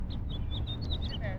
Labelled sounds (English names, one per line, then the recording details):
House Finch song
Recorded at Valley Stream on Long Island, New York, on 17 June 1975
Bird AD